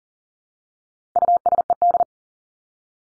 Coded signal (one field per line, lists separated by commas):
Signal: Morse code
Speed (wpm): 40 wpm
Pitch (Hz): 700 Hz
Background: none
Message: USED